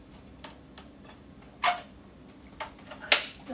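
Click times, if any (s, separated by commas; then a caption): 3.1 s. A swing-away footrest is fitted into its mount on the metal frame of a transport wheelchair, with light taps and a brief rattle of metal as it is lined up. It snaps into place with a sharp, loud click at 3.1 seconds, locked in and secure.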